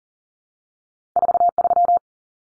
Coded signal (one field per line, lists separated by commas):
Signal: Morse code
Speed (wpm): 40 wpm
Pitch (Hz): 700 Hz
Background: none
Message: 43